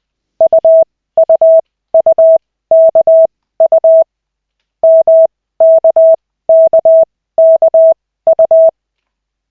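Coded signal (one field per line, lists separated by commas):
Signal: Morse code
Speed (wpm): 20 wpm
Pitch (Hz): 650 Hz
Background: none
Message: UUUKU MKKKU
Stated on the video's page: Koch method Morse practice session from LCWO lessons, two characters stage.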